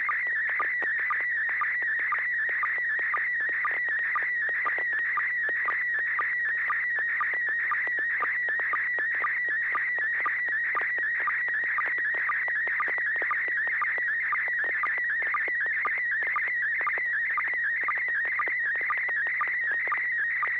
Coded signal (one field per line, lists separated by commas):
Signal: SSTV (slow-scan television)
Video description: River City ARCS SSTV Net 9 pm Wednesdays Pacific Time on N6NA FM repeater 441.30 MHz, Sacramento, CA